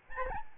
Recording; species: mosquito wingbeat signal from an infrared sensor; Aedes albopictus